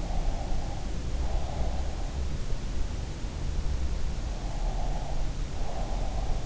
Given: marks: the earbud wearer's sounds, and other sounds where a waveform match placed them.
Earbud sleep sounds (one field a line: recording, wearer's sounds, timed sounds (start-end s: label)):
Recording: sounds in sleep by an in-ear microphone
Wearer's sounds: breath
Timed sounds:
0.00-1.90 s: breath
4.49-6.34 s: breath